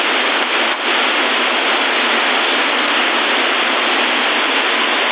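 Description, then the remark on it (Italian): A CB radio transmission in Sassari, its signal too wide, comes through as a steady, dense rush of hissing static, even and unbroken for the whole stretch, with no voice on the channel. “Cioè, vedete che è troppo largo e non entra bene.”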